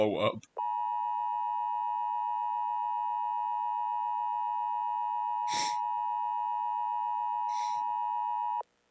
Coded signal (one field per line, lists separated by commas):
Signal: Emergency Alert System (SAME) tones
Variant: 853 and 960 Hz attention tone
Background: speech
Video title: watching EAS scenarios and hanging out join plz part 2 (part 1 of part 2)